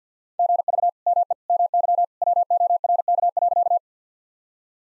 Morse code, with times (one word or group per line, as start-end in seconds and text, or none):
0.4-0.9 GV
1.1-1.3 ME
1.5-2.0 MY
2.2-3.8 WORK.